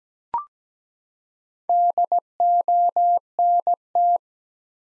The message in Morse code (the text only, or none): DONT